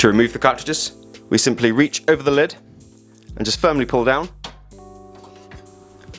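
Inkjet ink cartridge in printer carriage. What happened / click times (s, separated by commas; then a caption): The cartridge clicked out of its latch / 5.5 s. An inkjet ink cartridge in the carriage of an HP OfficeJet 3830 printer is removed by reaching over its plastic lid and firmly pulling it down. Someone talks over a soft background of music, then a sharp click at 5.5 s marks the cartridge unlatching. The cartridge is released and sags in its cradle.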